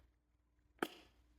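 A metal clasp on a leather handbag, which feels magnetic as it pulls toward its catch, is closed onto its catch on the bag flap. After near silence, one sharp, bright snap comes at 0.8 s, followed by a short metallic ring that fades by about 1.1 s. The clasp seats and shuts firmly.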